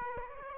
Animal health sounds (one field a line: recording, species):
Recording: mosquito wingbeat signal from an infrared sensor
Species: Aedes aegypti